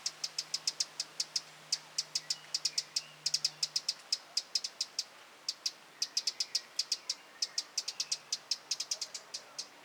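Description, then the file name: Eurasian wren uttering rapid, sharp clicks with a short pause midway, a few louder clusters standing out; a low steady tone runs faintly early on. "Troglodytes troglodytes"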